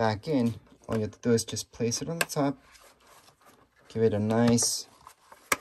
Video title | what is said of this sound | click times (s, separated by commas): Meta Quest 2 Setup Instructions 2022 | there we go you're gonna hear those clicks that means you did the job and it's all good | 5.1 s, 5.3 s, 5.5 s